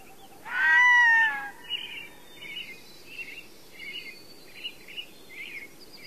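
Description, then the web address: Red-throated loon uttering one short, mewing wail, followed by a string of soft, scattered chirps. North America. "Songs of Birds of North America Stokes. Red-throated Loon"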